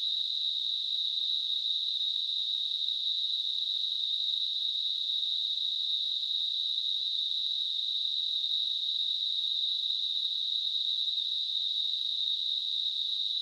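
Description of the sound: A steady, unchanging high-pitched hiss, narrowly focused around 4 kHz, runs for the full 13 seconds with no pauses or changes in loudness. It is a simulation of tinnitus, the constant ringing or hissing some people hear without any outside sound.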